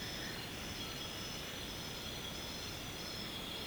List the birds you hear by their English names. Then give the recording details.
none. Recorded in secondary vegetation near Puerto Asís, Putumayo, Colombia, on 18 February 2024 at 01:00. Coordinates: 0.472, -76.331. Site G6371